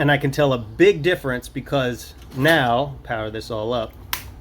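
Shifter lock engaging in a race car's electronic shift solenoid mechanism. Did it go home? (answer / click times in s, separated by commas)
yes / 4.1 s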